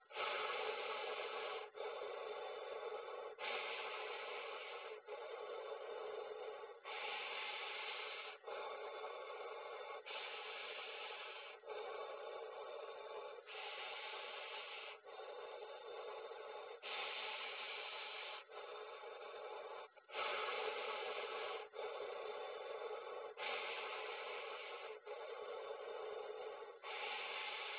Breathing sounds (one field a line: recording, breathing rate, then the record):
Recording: paced breathing near a phone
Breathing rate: 18 breaths a minute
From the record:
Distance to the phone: 20 cm